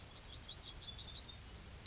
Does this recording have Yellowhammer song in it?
yes